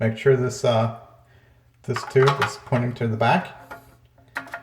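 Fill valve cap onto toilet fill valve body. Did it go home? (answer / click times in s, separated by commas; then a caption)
yes / 4.4 s. Someone talks while the plastic cap of a Toto toilet fill valve, put back after replacing the fill valve gasket on a leaky toilet, is pushed down onto the valve body and turned to the right. A sharp click at 4.4 s marks the cap locking securely into place.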